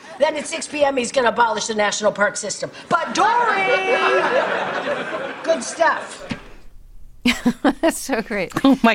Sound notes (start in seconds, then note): 3.5 laughter; 7.2 laughter